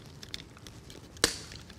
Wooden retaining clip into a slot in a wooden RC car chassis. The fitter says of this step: and those just go straight down through here and kind of snap into place